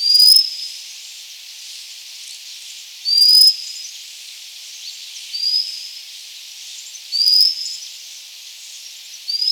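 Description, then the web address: White-capped redstart repeating a thin, upslurred whistle roughly every two to three seconds, some calls fainter, with loud continuous hiss behind. "white capped river chat call"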